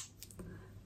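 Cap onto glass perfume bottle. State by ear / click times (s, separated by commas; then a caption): seated / 0.2 s. A cap is pushed back onto a glass perfume bottle, making a short sharp click at 0.2 seconds. Two smaller clicks follow at about 0.3 and 0.4 seconds. The cap clicks into place and sits very securely.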